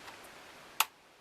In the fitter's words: ça se clipse aime ça